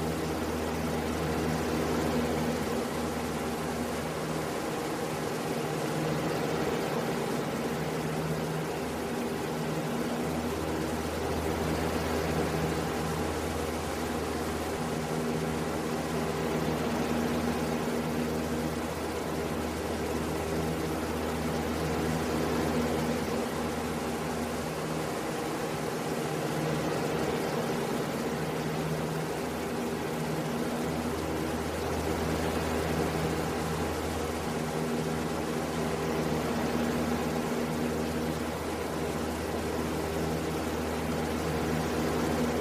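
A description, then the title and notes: An oscillating fan whirs steadily with a low motor hum, its airy rush swelling and fading gently every several seconds as it sweeps. This weeks sound is a Fan Oscillating. Oscillating Fan.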